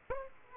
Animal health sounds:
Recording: mosquito wingbeat signal from an infrared sensor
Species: Aedes aegypti

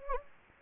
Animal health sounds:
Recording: mosquito wingbeat signal from an infrared sensor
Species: Anopheles gambiae

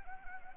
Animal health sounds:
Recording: mosquito wingbeat signal from an infrared sensor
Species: Anopheles gambiae

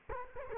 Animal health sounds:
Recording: mosquito wingbeat signal from an infrared sensor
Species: Culex quinquefasciatus

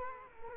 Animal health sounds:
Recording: mosquito wingbeat signal from an infrared sensor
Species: Culex quinquefasciatus

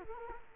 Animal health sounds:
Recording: mosquito wingbeat signal from an infrared sensor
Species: Culex quinquefasciatus

